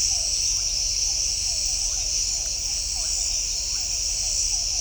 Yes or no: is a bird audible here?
no